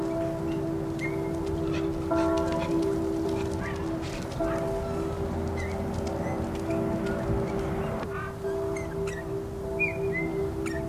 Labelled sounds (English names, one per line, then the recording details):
Eurasian Bullfinch
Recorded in the wild
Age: adult
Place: Untertweng, AT
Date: 1971-02-21
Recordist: Brunner, Thomas